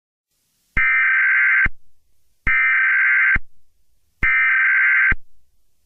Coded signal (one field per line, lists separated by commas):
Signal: Emergency Alert System (SAME) tones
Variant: header bursts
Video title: EAS Scenario - Red Portal